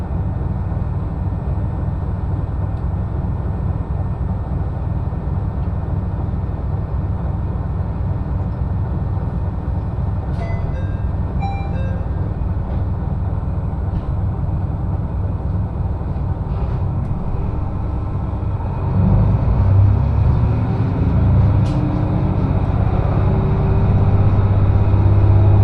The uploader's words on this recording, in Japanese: 耳で楽しむ鉄道旅 えちごトキめき鉄道 高田→直江津→糸魚川。ディーゼルカー1両で足りてしまいます。